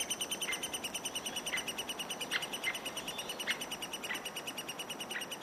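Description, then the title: Eurasian three-toed woodpecker calls: short, clipped notes scattered throughout over a steady background of rapid, high ticking. Finland. "Viikon luontoääni: Pohjantikka"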